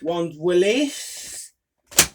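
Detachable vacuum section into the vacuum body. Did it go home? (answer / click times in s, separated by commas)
yes / 2.0 s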